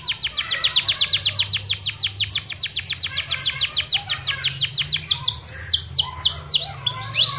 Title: Suara Burung Kenari Yorkshire Gacor Kicau Panjang